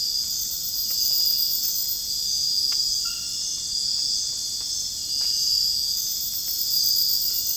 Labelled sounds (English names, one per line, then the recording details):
none
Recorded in dense forest near Puerto Asís, Putumayo, Colombia, on 21 February 2024 at 04:00
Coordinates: 0.485, -76.325
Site G6429